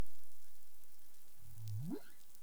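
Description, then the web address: Humpback whale call: one low drawn-out grunt that turns into a quick rising whoop near the end, against soft background hiss. On 19 April 2021 at 08:20:42 UTC. "CARIMAM. humpback whale 20210419 082042 UTC"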